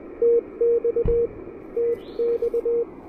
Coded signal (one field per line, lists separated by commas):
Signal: Morse code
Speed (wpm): 21 wpm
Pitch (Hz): 470 Hz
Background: radio noise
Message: TX TX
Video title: KH1 Super Portable POTA: Testing the new Elecraft KHRA1 Right-Angle Antenna Adapter!